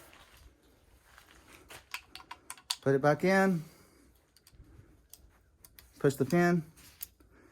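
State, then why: Seated. The metal cylinder base pin of a Ruger Super Wrangler revolver is pushed back into the frame after the cylinder is put back in, with a series of sharp metallic clicks and taps while someone talks. At 7.0 s the pin snaps home and locks so it won't come back out.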